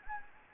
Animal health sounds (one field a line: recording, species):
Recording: mosquito wingbeat signal from an infrared sensor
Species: Anopheles gambiae